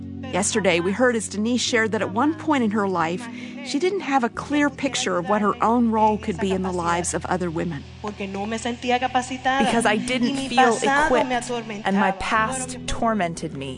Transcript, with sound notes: Yesterday we heard, as Denisse shared, that at one point in her life she didn’t have a clear picture of what her own role could be in the lives of other women....
[speaking at conference] because I didn’t feel equipped, and my past tormented me.